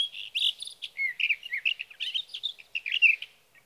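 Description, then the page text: Sage thrasher singing a rapid jumble of varied warbled and slurred notes. Male singing through three nights near his night roost, evening June 12 to morning June 15, 2018, Sierra Valley, California; recorded with a Swift recorder. "61. Sage thrasher songs, through the night."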